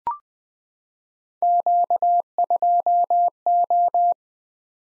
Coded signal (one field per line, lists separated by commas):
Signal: Morse code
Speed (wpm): 20 wpm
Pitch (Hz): 700 Hz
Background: none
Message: Q2O